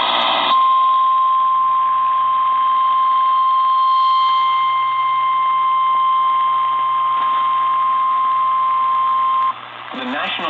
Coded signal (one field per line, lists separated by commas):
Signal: Emergency Alert System (SAME) tones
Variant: 1050 Hz attention tone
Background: speech